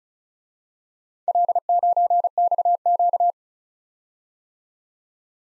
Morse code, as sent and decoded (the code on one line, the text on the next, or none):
.-.. ----. -..- --.-
L9XQ